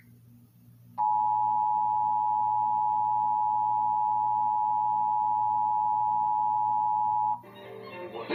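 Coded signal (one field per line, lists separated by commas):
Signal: Emergency Alert System (SAME) tones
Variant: 853 and 960 Hz attention tone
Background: music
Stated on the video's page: Required Monthly Test captured on a PBS Kids digital TV subchannel during a children's programme.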